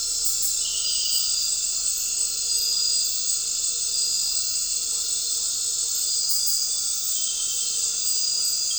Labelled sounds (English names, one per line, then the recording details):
none
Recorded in dense forest near Puerto Asís, Putumayo, Colombia, on 4 March 2025 at 21:30
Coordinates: 0.467, -76.328
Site G041